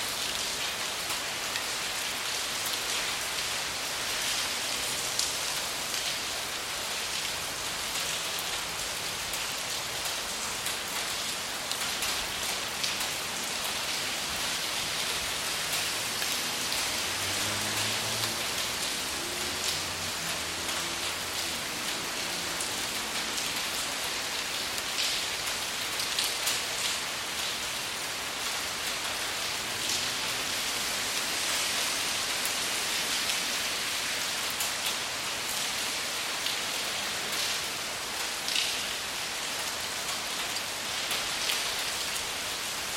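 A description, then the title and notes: Steady rain hisses densely and evenly throughout, with a faint low rumble of city traffic swelling briefly around the middle. Rain in the City. A steady downpour of rain brings a sense of calm to the rumble of the city.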